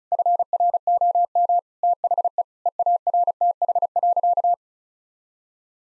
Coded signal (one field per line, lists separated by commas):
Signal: Morse code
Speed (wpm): 36 wpm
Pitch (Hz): 700 Hz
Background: none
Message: FROM THE EARTH.